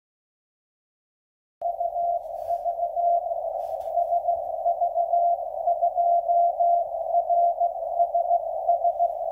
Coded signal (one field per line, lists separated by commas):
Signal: Morse code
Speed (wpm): 15 wpm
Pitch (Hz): 690 Hz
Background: radio noise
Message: UV SV2RSS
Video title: SV2RSS/B 10 meter beacon received in Amsterdam